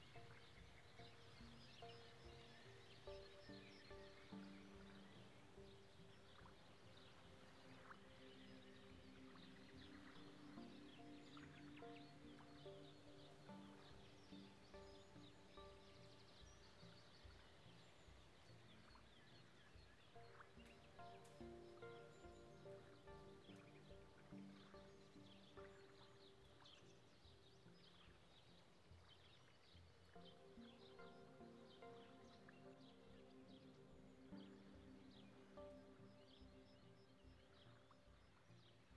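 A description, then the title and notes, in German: At the edge of a Canadian lake, a dense, steady chorus of bird calls and chirps carries on over a low continuous background murmur. Am Rande eines kanadischen Sees.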